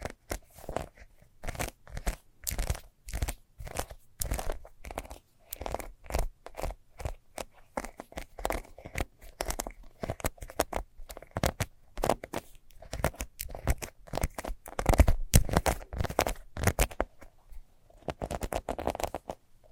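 Fast scratching in quick, uneven bursts of rough, crunchy strokes that run nearly without pause for the whole twenty seconds. Each stroke is a short dry rasp reaching up into bright hiss. The pace stays busy, with a brief lull around the eighteen-second mark.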